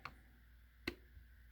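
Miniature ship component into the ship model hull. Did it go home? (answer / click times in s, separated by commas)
yes / 0.9 s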